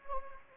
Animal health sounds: mosquito wingbeat signal from an infrared sensor; Anopheles gambiae

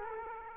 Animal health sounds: mosquito wingbeat signal from an infrared sensor; Culex quinquefasciatus

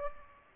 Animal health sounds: mosquito wingbeat signal from an infrared sensor; Culex pipiens

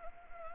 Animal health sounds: mosquito wingbeat signal from an infrared sensor; Anopheles gambiae

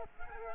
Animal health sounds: mosquito wingbeat signal from an infrared sensor; Culex quinquefasciatus

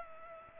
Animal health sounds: mosquito wingbeat signal from an infrared sensor; Culex pipiens

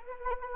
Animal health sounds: mosquito wingbeat signal from an infrared sensor; Anopheles arabiensis

